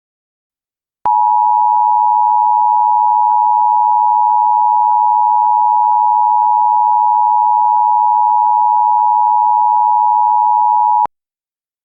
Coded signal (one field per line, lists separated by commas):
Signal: Emergency Alert System (SAME) tones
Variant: 853 and 960 Hz attention tone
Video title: Warden's Wrath: Part II: Infection | EAS Scenario #5